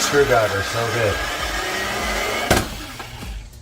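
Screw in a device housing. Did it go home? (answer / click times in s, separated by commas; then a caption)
no / 2.5 s. A screwdriver removes a screw from a device housing during a controller swap while someone talks. A single sharp slip sound is heard at 2.5 seconds as the screw head strips under the screwdriver. The screw is stripped and won't be reused.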